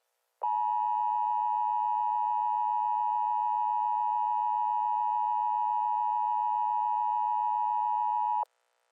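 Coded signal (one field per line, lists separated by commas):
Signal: Emergency Alert System (SAME) tones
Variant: 853 and 960 Hz attention tone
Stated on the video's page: Mock EAS scenario with simulated alert tones.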